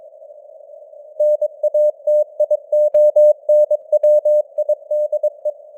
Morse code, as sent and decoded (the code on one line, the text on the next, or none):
-. .- - .. --- -. .-- .. -.. .
NATIONWIDE